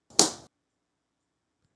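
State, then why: Seated. A plastic side cover plate is pushed from the bottom toward the top of a PS5 game console body until it latches. A faint scrape from 0.1 s leads into a sharp, bright snap at 0.2 s that decays over about a quarter second. The click means the cover is seated and locked in place.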